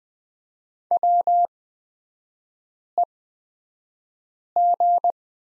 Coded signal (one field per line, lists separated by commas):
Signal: Morse code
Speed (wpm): 20 wpm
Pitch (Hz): 700 Hz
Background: none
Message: WEG